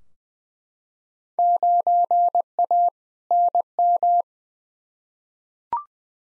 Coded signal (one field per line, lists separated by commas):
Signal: Morse code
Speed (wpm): 20 wpm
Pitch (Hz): 700 Hz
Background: none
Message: 9A NM